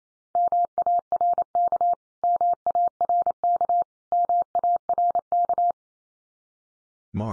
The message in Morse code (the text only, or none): MARK MARK MARK